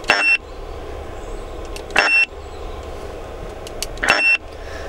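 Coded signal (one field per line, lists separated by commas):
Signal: roger beep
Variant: CRT SS 6900N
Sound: three short high steady beeps, each inside a burst of static at a transmission's end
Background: radio static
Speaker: right here we go then this is the john settings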